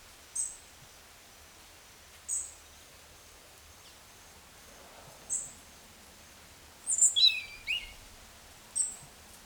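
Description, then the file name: European robin giving thin, very high single notes every few seconds, with one brief twittering, falling phrase near the end. "Erithacus rubecula"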